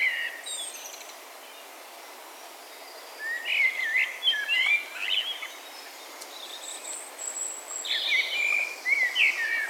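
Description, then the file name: Common blackbird giving two warbling phrases, one around the middle and one at the end, with thin high notes between them. "Turdus merula"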